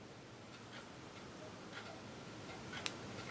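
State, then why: Seated. A crimped metal terminal on a red wire is pushed into a plastic JST plug housing over low, steady background noise with a few faint soft rustles. A sharp, brief click sounds at 2.9 s as the terminal locks into the housing, seating it in place.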